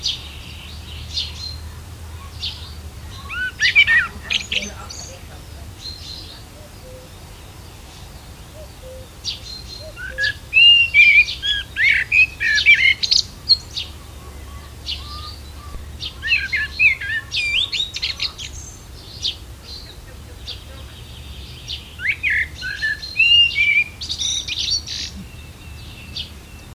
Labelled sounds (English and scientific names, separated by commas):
Common Blackbird (Turdus merula) song